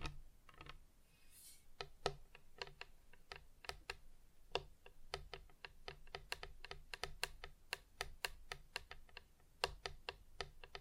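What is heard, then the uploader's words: Fingers tap on a hard surface in quick, uneven bursts that sound much like typing on a keyboard. The sharp clicks come several per second, with brief pauses near the start and a low steady hum underneath throughout. ASMR Just Tapping (Different Surfaces No Talking).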